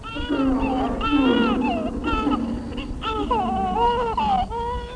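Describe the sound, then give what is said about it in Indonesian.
A tiny baby girl, thirsty and cold, cries continuously at night, her wailing voice rising and falling in strained, high-pitched sobs with short breaths between, loud and unbroken across the whole stretch. “Dari keremangan malam, tampak sesosok tubuh hitam yang sangat besar perlahan-lahan mendekati bayi mungil yang sedang menangis kehausan dan kedinginan.”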